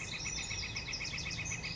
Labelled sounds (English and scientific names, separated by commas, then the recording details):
Northern Flicker (Colaptes auratus)
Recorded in Sonoma County, California